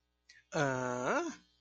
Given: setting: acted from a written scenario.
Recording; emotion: vocal sound without words; confusion